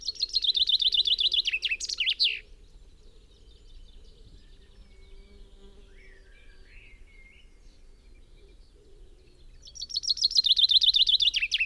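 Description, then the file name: Common chaffinch finishes a descending trilled song with an end flourish, a long quiet pause with faint bird notes, then begins another song. "Fringilla coelebs"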